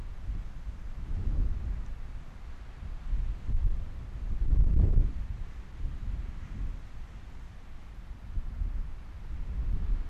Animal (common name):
Arctic Fox